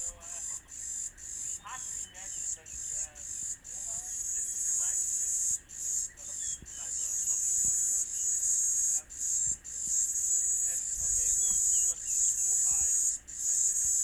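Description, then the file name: B. brevis: insect song beginning as rapid separate buzzes, then merging into a long continuous high hiss with short breaks. Recorded at a ranch. "B brevis Morningside Ranch"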